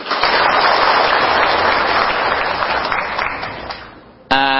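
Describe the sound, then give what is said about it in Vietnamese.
A crowd at a Buddhist teaching session claps steadily for a man who asked a question, in a dense, loud burst of applause that slowly thins and fades, then cuts off as a single voice begins speaking. “Rồi cho anh chàng pháo tay.”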